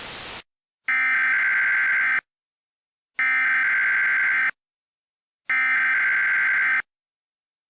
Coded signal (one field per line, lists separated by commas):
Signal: Emergency Alert System (SAME) tones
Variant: header bursts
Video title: EAS Mock 9: Hollowed Out